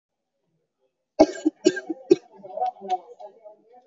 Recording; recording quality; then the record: shallow voluntary cough; excellent, no background noise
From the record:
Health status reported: exposed to COVID-19, no respiratory illness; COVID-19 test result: negative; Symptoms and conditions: cold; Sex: female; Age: 39 years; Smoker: no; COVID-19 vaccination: both doses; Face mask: worn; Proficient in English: yes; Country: India